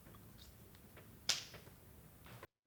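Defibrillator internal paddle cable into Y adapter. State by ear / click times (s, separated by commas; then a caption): seated / 1.3 s. The cable end of a corpuls3 shock spoon set (defibrillator internal paddles) is plugged into the Y adapter in the non-sterile area. A single sharp, loud click at 1.3 s shows the connector has seated, with only faint handling taps before and after against a quiet background.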